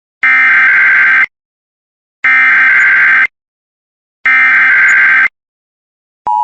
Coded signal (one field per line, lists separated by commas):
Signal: Emergency Alert System (SAME) tones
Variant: header bursts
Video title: For stacy stevens: Required Weekly Test for Cass, ND, and Clay, MN, on WeatherScan 24/7 (EAS #485)